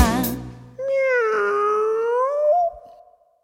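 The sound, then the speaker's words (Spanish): A single long, drawn-out meow from Eulogio, dad's cat, holding a steady, whining pitch for about two seconds, then rising slightly at the end before cutting off, heard alone without talk. “Se ha escuchado a Eulogio, el gato de papá.”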